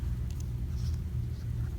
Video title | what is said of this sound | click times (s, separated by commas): iPhone 7 Plus Disassemble/Reassemble - Home Button Replacement Tutorial | snap it in make sure you get it just right and you'll like I said you hear snap in now | 0.3 s, 0.4 s